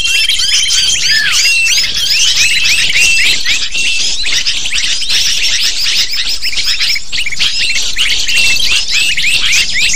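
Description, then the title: Lovebirds chatter nonstop in a crowded flock, sharp squeaks and rapid shrill chirps piling together without pause at a steady loud level. Lure recording (pikat) used to attract lovebirds. "PIKAT BURUNG LOVEBIRD"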